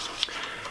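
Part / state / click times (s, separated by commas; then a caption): underfolding stock latching against rifle receiver / seated / 0.2 s. A steel underfolder stock on a Zastava ZPAP Yugo M70 rifle is folded flat under the receiver and latches home with a sharp metallic click at 0.2 seconds. The stock locks securely into place.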